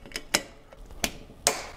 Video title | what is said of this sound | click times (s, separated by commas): Do These 10 Products Still Hold Up? (Update 51) | all right two clicks let me see if does it leak it's not leaking | 0.3 s, 1.5 s